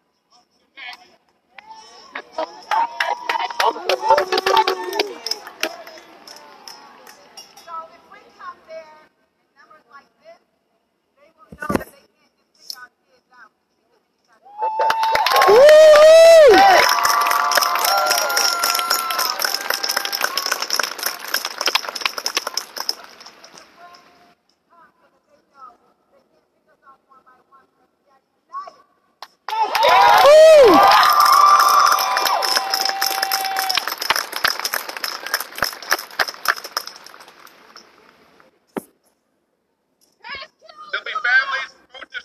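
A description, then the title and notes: A protest crowd in Niagara Square, downtown Buffalo, with a stretch of scattered voices early on. Two long surges of cheering, shouting and dense clapping come at about 15 to 24 seconds and 30 to 37 seconds, separated by near silence, and a short burst returns at the end. Niagara Square Protest in Downtown Buffalo.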